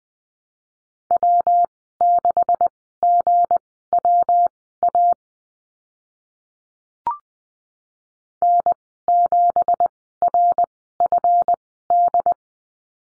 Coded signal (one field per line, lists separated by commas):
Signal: Morse code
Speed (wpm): 20 wpm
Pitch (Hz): 700 Hz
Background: none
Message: W6GWA N7RFD